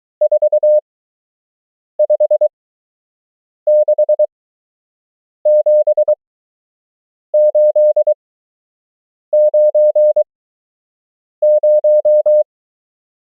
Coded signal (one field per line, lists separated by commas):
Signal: Morse code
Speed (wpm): 23 wpm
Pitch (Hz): 600 Hz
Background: none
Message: 4 5 6 7 8 9 0